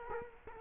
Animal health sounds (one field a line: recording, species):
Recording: mosquito wingbeat signal from an infrared sensor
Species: Culex quinquefasciatus